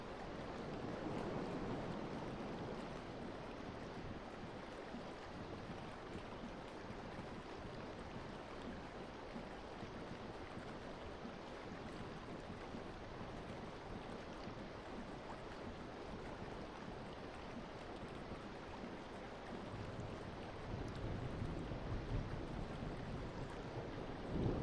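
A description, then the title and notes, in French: A stormy beach roars with dense, steady low surf and wind, swelling slightly near the start and again in the final seconds. Une Plage Orageuse.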